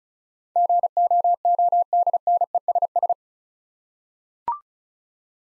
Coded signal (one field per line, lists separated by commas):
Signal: Morse code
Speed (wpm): 36 wpm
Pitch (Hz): 700 Hz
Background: none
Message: GOODNESS